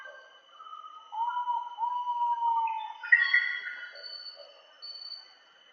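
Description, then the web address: Ivory-breasted pitta call: two low, drawn-out whistles, the second long and gently falling, then a harsh buzzy burst with faint higher notes over a steady thin tone. "ULM-DS-Lab indonesian-bird-sounds. Pitta maxima"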